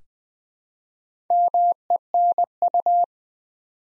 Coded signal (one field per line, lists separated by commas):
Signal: Morse code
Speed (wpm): 20 wpm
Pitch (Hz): 700 Hz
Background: none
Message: MENU